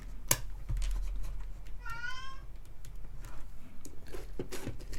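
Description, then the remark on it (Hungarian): A cat named Obika lets out a single meow, a wavering tonal cry that rises and falls over about half a second, as it wanders back and forth between two rooms, amid low background noise and a few soft knocks. “Obika cica nagyon nem akarja megtalálni a helyét. Folyamatosan jön-megy itt a két szoba között, és néha elenged egy óvívatást.”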